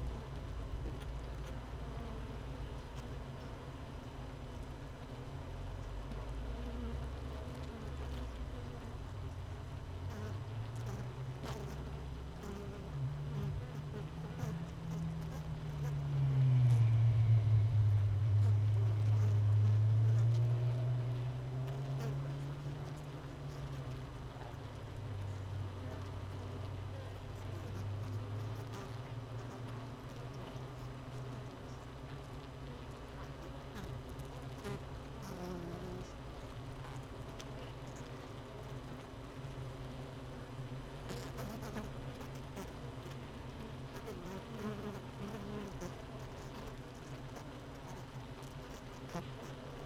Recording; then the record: honeybee colony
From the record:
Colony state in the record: missing queen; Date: 31 May 2018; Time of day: 17:12